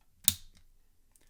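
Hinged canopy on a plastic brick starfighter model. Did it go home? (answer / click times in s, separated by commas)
yes / 0.3 s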